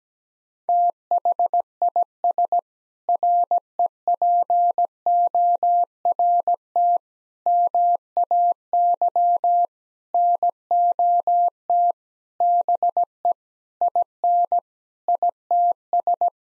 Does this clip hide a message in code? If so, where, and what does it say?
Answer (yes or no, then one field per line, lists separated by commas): yes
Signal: Morse code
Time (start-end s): 0.7-16.3 s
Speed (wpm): 17 wpm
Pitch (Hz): 700 Hz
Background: none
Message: THIS REPORT MAY NOT BE IN ITS